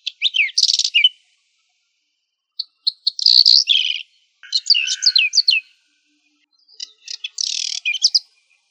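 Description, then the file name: Whinchat singing four short bursts of mixed whistles, rasping notes and quick chirps, with short pauses between phrases. "chekan lugovojj"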